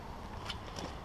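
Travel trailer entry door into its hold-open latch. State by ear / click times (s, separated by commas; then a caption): not seated / none. The entry door of an Airstream Flying Cloud 30FB travel trailer is handled as it swings toward its hold-open latch, with brief faint knocks around 0.5 s and 0.8 s over a low steady background rumble. Nothing has seated or clicked into the latch yet.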